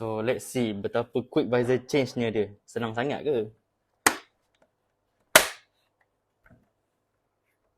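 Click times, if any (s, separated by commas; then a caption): 4.1 s, 5.4 s. Someone talks, then a plastic visor is worked into the plastic side plate of the quick visor change mechanism on a KYT TT-Course Jaume Masia Winter Test motorcycle helmet. Two loud, sharp clicks sound at 4.1 s and 5.4 s, followed by a few faint ticks. The visor seats in the mechanism.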